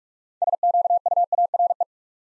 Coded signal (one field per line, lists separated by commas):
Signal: Morse code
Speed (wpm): 44 wpm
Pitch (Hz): 700 Hz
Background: none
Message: SQUARE